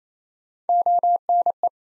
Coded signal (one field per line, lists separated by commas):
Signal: Morse code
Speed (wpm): 29 wpm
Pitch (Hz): 700 Hz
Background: none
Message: ONE